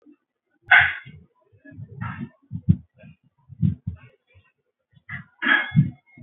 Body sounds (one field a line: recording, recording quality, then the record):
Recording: shallow voluntary cough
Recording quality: poor, much background noise or distortion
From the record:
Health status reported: healthy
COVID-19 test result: not tested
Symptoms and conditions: none ticked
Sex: male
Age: 25 years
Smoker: not ticked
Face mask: not worn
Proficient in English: yes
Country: India